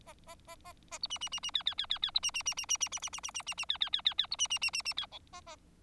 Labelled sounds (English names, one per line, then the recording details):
Bengalese Finch song
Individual Bird4